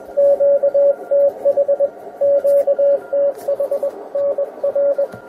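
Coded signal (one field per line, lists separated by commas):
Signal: Morse code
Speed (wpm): 21 wpm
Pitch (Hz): 560 Hz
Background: radio noise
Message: QTH QTH NR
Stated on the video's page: Morse received and tested on a QRP 8-band HF SDR radio.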